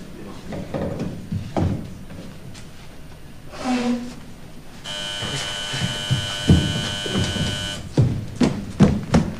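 A telephone rings with one loud, steady, buzzy tone lasting about three seconds, surrounded by clattering knocks and handling noises before and after.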